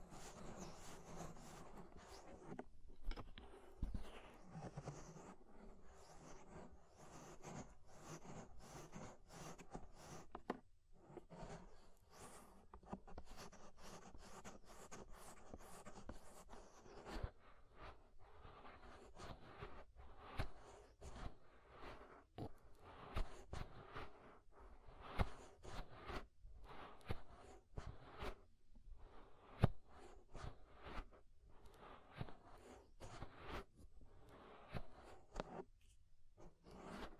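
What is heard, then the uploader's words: Ear scraping: a dense run of short scratchy strokes and rubs, some dull and low, others crisp and bright, repeating irregularly throughout. Around 11 and 17 seconds the pattern shifts, with brief pauses breaking up the scraping later on. Inner and Outer Ear Scraping (No Talking).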